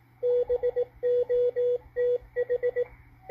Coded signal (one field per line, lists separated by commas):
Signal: Morse code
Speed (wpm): 17 wpm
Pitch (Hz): 490 Hz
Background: radio noise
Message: BOTH